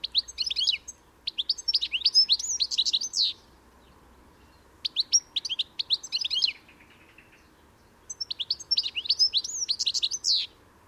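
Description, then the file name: European goldfinch gives three bursts of rapid, tinkling, twittering notes separated by short pauses. "Carduelis carduelis"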